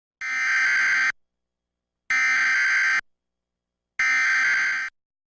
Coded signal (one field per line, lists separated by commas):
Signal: Emergency Alert System (SAME) tones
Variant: header bursts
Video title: Tennessee EAS Required Monthly Test (April 9, 2019)